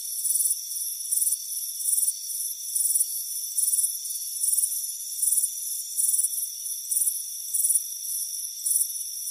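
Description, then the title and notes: Crickets give high, rapid pulsed chirps at an even pace, backed by a steady insect hum. Chirping crickets on a warm afternoon at a front porch. "Soothing Crickets Chirping Sound. It's a warm afternoon as you relax in a hammock on the front porch. the soothing sound of chirping crickets. Deep Sleep Sounds"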